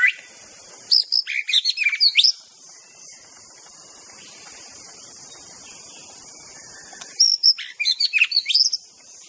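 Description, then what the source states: White-rumped shama, two bursts of very high, rapid twittering notes separated by a quiet pause, with a continuous high-pitched insect buzz throughout. Wild bird in forest; original natural song.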